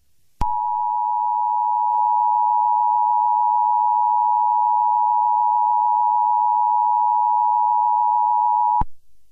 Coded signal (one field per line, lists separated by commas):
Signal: Emergency Alert System (SAME) tones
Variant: 853 and 960 Hz attention tone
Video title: (EAS Scenario) The Arctic Tsunami